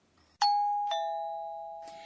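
A musical doorbell rings a clear two-note chime, a higher tone followed by a lower one, each ringing out and slowly fading, with no voices present.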